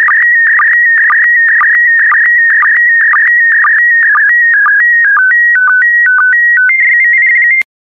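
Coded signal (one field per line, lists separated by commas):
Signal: SSTV (slow-scan television)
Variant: PD120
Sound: warbling tone around 1.5-2.3 kHz with rhythmic low sync chirps, then stepping tones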